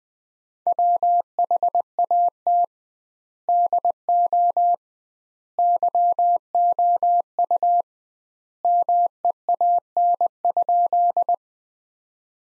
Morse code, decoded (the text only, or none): WHAT DO YOU MEAN?